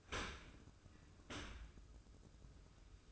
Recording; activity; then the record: daily activity, microphone in the room; open dishwasher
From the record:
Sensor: 2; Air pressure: 995.7 hPa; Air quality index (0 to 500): 97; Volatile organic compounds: 5 ppm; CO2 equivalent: 1795 ppm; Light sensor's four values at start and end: 25/80/32/30 and 25/80/32/30